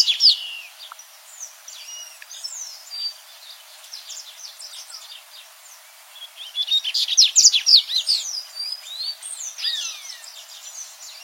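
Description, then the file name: Dubois's seedeater singing: a bright opening note, a long stretch of faint twittering, then a loud, rapid burst of high chirps and slurs, trailing into softer notes. "Canto do Papa capim de costas cinzas"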